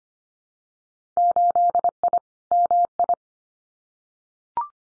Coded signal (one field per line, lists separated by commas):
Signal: Morse code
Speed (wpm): 25 wpm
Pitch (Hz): 700 Hz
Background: none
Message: 8I MI